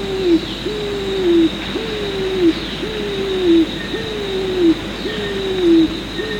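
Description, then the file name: Pigeon repeating low, hollow calls about once a second, each rising then sliding down, with a high insect drone and faint short chirps in the background. "afep pigeon"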